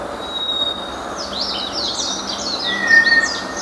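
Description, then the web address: White's thrush giving one drawn-out, flat whistle near the end, while many other small birds chirp and trill rapidly at higher pitch throughout. Recorded 9 April 2013 at 05:33 in the early morning; named by its Japanese name toratugumi. "birdenaga toratugumi 20130409 0533"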